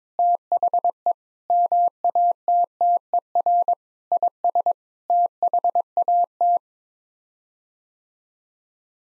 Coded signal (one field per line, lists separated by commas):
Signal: Morse code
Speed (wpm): 22 wpm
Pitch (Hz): 700 Hz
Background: none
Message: THE MATTER IS THAT